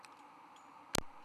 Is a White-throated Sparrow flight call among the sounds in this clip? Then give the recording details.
no. No flight call is heard. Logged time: 01:54 on 17 November 2014